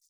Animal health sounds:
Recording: hydrophone in a shrimp aquaculture tank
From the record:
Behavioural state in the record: feeding

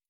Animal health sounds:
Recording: hydrophone in a shrimp aquaculture tank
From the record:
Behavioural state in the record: stressed

